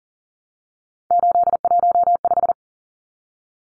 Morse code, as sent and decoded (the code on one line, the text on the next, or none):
---.. .---- .....
815